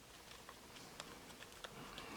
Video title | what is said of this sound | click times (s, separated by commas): Galaxy Note Edge Rear Camera Replacement How To Change | you can feel it clicking in different places and | 1.0 s, 1.4 s, 1.6 s